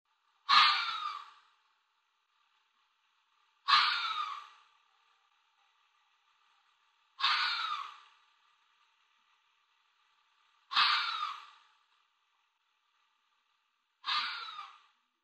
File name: Red Fox